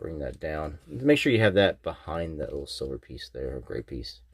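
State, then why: Not seated. Someone talks while handling a Transformers Knight Rider Agent Knight (2024) transforming car robot toy, bringing its plastic shoulder sections down behind a small gray piece on the torso. No snaps are heard; the shoulder panels have not seated or locked yet when the clip ends.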